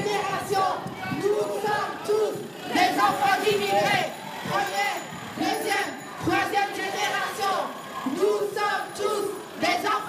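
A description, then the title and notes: A group of women chants together in loud, rhythmic bursts, voices rising and falling in steady waves. Solidarité Chant. Brussels. Women refugees protest. Recorded to iPhone by Joel Schalit.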